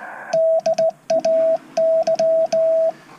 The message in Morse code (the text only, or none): DAY